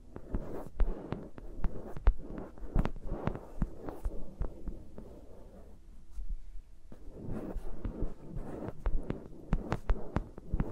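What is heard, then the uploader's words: Fingers move around the mics, making a dense run of soft low thumps and rubbing with sharp taps and clicks scattered throughout. Around six to seven seconds the handling eases and a faint steady hum shows through before the tapping picks up again. ASMR with Mics Around My Fingers (No Talking).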